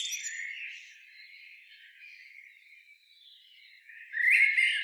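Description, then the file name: Eurasian blackbird with a quiet, drawn-out warble and a louder squeaky, whistled burst near the end. "Turdus merula"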